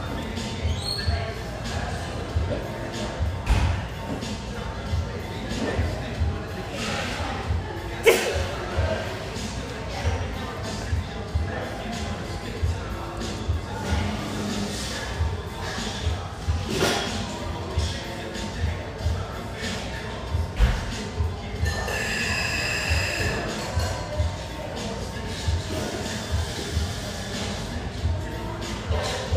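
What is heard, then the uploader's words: A busy café hums with steady indoor chatter and scattered thuds and clinks, and a bright ringing tone rises briefly around twenty-two seconds. South Waterfront, Portland, Oregon.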